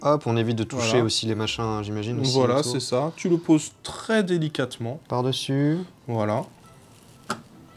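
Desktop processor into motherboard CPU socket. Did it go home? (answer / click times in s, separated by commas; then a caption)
yes / 7.3 s. Someone talks while a desktop processor is lowered very gently into the motherboard CPU socket. A short, sharp click at 7.3 s marks the processor settling into the socket, and it is seated.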